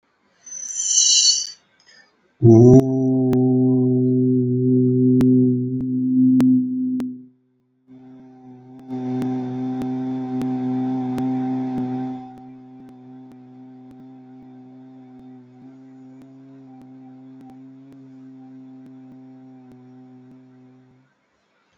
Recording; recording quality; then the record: sustained vowel as in boot; moderate, slight background noise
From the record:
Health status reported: recovered from COVID-19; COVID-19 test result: negative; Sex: male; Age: 24 years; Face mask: not worn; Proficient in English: yes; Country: India